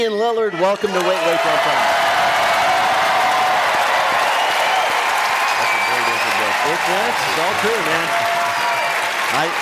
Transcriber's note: applause